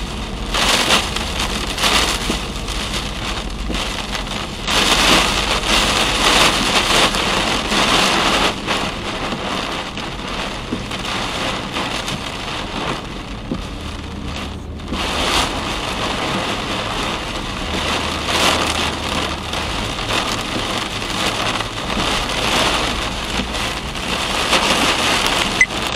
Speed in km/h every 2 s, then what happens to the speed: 80, 79, 72, 72, 67, 54, 52, 52, 52, 51, 51, 53, 54.
0-11 slows to 52. 11-26 steady at about 52.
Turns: none.